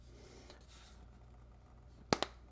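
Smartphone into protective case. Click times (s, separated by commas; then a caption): 2.1 s, 2.2 s. A Galaxy Note 10+ phone is pressed into an OtterBox Symmetry case of hard plastic with rubber edges, with only a faint tick at 0.5 s over low background noise beforehand. Two sharp snaps follow at 2.1 s and 2.2 s, the first much louder, as the phone seats in the case.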